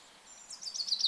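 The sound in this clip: Bird chirping, a short burst of quick high twittering notes building in loudness.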